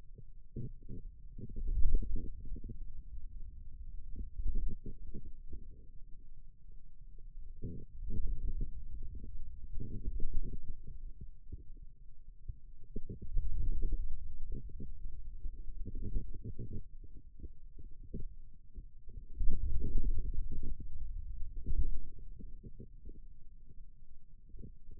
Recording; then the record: forearm muscle sounds (acoustic myography)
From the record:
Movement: ulnar deviation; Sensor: system 2, bracelet of six BSWA MPA416 microphones around the upper forearm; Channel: 6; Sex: male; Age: 22 years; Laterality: right